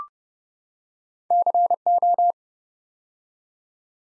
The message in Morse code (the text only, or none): CO